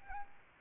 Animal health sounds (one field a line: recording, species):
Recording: mosquito wingbeat signal from an infrared sensor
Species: Aedes albopictus